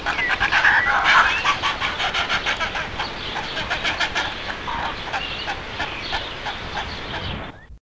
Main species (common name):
Little Egret